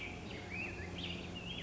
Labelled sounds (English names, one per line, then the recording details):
Black-headed Grosbeak
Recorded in Sonoma County, California